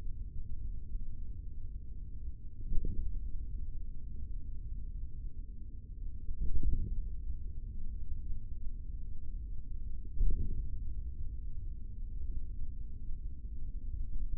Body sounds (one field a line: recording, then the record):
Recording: forearm muscle sounds (acoustic myography)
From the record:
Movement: tripod grip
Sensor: system 3, bracelet of six PUI Audio POM-2738L microphones around the upper forearm, with dedicated amplification and filtering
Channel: 2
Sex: male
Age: 25 years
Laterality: right